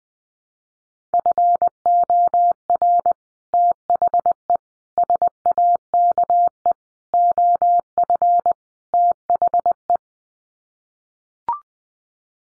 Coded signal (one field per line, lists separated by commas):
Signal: Morse code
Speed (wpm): 20 wpm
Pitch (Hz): 700 Hz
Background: none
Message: FOR THE SAKE OF THE